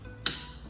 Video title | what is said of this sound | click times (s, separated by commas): G335 HOW TO CLEAN THE KEY COMPONENTS | you're gonna twist it again you're gonna hear another click | 0.3 s